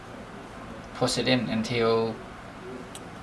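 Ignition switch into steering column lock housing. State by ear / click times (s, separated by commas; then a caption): seated / 2.9 s. A new plastic ignition switch for a 2008–2012 Ford Escape is lined up by its two clips and pushed into the steering column lock housing while someone talks. A short, sharp click at 2.9 s marks the switch seating in the housing.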